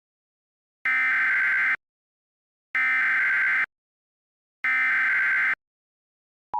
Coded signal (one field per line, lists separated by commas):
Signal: Emergency Alert System (SAME) tones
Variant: header bursts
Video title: EAS Mock: Fire Tornado?? (Requested)